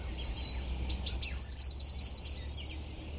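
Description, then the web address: Bird song with high, sharp opening notes leading into a fast trill, over a soft background hiss. "cianscape birddata Deverinetal 2025 File origin Bird Only Cy Ca"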